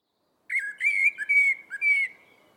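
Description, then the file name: Eurasian blackbird giving a short run of clear, fluty whistled notes held at a steady pitch, broken by brief dips, lasting about a second and a half. "Turdus merula"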